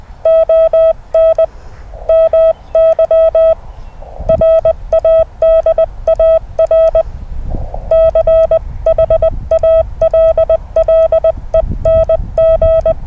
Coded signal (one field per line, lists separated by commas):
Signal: Morse code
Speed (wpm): 21 wpm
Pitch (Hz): 650 Hz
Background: none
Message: ON MY RADAR CHALLENG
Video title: Morse Code RaDAR 3rd April 2021